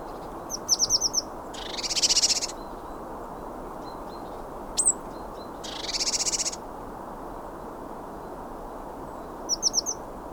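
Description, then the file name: Eurasian blue tit calls: clusters of thin, high chirps at the start and end, with two harsh, buzzy scolding bursts in the middle against steady low background noise. "Cyanistes caeruleus"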